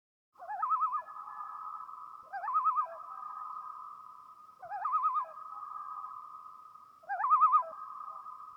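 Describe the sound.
Loon giving warbling calls: four wavering, yodel-like bursts about every two and a half seconds, each trailing into a long steady wail, in quiet surroundings.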